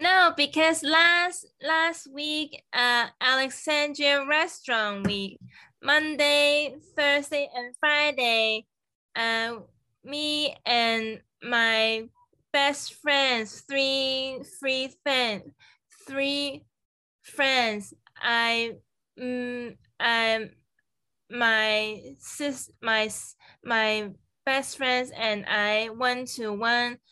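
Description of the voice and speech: Halting speech from an adult woman after a stroke, with long pauses, restarts and repeated words, typical of nonfluent aphasia.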